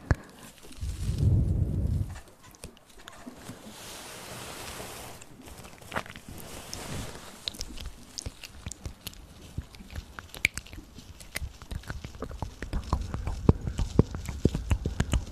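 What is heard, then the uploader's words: Mouth sounds and breathing: a heavy low breath or blow in the first two seconds, then a softer airy breath around four to seven seconds. After that come dense, irregular wet clicks and smacks, like chewing, continuing to the end. Mouth Sounds & Breathing.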